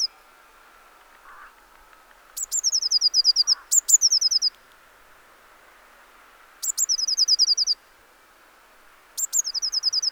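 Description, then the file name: Eurasian blue tit calling: several quick bursts of thin, high, downslurred notes, each burst about a second long, over a faint steady background hum. "Cyanistes caeruleus"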